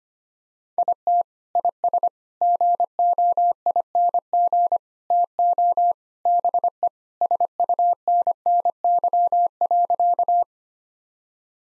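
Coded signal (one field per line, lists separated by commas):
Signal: Morse code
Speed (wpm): 25 wpm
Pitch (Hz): 700 Hz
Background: none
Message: IT IS GOING TO BE SUNNY.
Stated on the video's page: Morse code practice at 25 wpm: sentences built from common four-word phrases, each sent in Morse, then spoken, then sent again.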